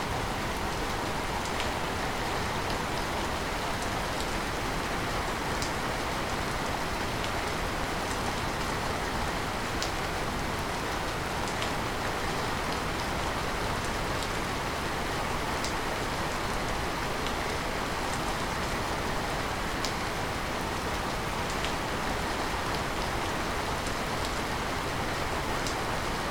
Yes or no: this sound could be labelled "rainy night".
yes